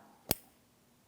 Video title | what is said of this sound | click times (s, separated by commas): How to Replace Headlight Wiring Assemblies 2007-2014 GMC Sierra 2500 HD | Press it in. Audible click. | 0.3 s